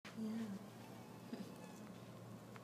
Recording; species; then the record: mosquito flight sound by mobile phone; Anopheles gambiae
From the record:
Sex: male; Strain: Kisumu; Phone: iPhone 4S